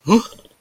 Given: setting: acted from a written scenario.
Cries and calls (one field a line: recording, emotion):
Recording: vocal sound without words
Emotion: negative surprise